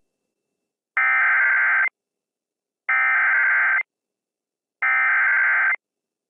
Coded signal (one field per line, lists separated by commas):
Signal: Emergency Alert System (SAME) tones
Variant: header bursts